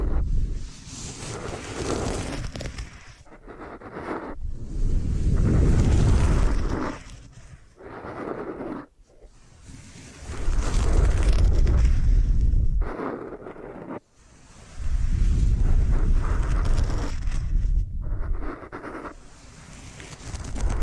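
Hair being washed and massaged, heard as rubbing and sloshing swells that rise and fall in long waves. Loud stretches of several seconds break off into short quiet gaps around 3, 8, 9 and 14 seconds. The sound is mostly low and muffled, with soft hiss above.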